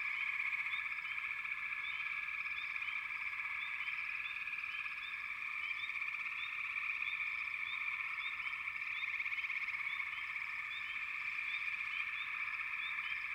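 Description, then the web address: Frog chorus, a continuous high trill from many callers, with numerous short rising chirps crowding the top of the sound. "Dan Gibson Echoes of Nature. American Wilds. Frog Chorus"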